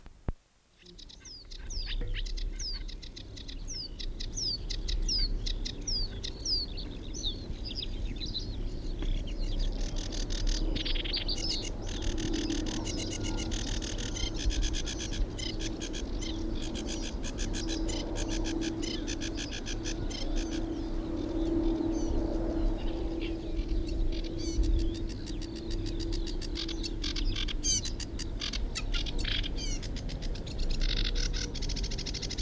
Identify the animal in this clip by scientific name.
Acrocephalus schoenobaenus